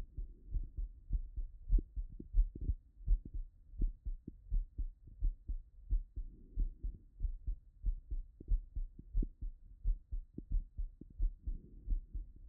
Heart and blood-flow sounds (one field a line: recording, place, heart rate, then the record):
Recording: heart sounds by stethoscope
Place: Erb's point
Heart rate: 88 bpm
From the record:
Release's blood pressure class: hypertension stage 1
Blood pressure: 142/80 mmHg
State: after exercise